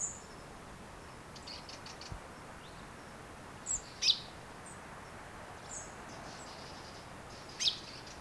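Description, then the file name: Common chaffinch giving a few sharp, high call notes over soft background hiss. "Fringilla coelebs"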